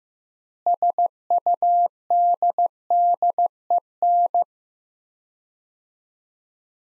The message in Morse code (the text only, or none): SUDDEN